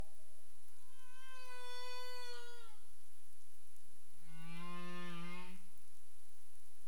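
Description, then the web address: Humpback whale moans: two long tonal calls rich in overtones, the first gently falling, the second a steady low moan. Recorded in the Caribbean, 27 April 2035, 22:29 UTC. "CARIMAM. humpback whale 20350427 222931 UTC"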